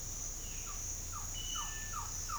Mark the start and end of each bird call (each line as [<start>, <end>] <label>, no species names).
[0.60, 2.39] bird call